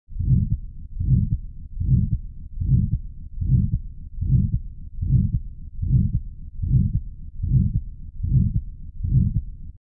Aortic Stenosis Heart Murmur.